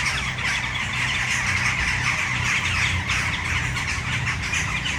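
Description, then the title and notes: Western jackdaws in a dense, continuous chatter of short harsh calls, with a low hum underneath. A tree full of jackdaws in Brno city centre, Czech Republic, recorded at sunset. "Malinovského nám. 571/1, 602 00 Brno-střed-Brno-město, Česko - Western jackdaws at sunset. A tree full of jackdaws in the city center of Brno"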